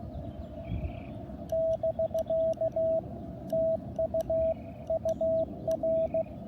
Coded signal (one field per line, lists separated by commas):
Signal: Morse code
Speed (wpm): 16 wpm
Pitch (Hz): 660 Hz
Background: radio noise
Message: <BK> TU UR